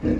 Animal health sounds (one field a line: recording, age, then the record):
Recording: pig call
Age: growing-finishing pig (85 days or more)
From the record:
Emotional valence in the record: negative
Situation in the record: barren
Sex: female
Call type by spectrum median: low-frequency call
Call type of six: low-frequency stable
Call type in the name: low-frequency stable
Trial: 3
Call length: 0.20 s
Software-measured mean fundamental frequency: 50 Hz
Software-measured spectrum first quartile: 173 Hz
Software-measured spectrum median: 273 Hz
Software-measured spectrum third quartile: 390 Hz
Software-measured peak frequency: 247 Hz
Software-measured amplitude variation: 147 dB a second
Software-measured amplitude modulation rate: 17.3 a second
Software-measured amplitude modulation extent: 8.5 dB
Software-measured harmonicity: -0.6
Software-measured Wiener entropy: -0.70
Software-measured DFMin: 805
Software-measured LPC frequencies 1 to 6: 364, 1722, 2433, 3940, 5170, 6119 Hz